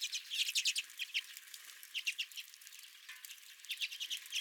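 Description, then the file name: Redpolls giving quick high chirps in short clusters, busy at the start, quieter midway, then another burst of calls at the close. Several redpolls at the recordist's feeder. "Redpolls at My Feeder"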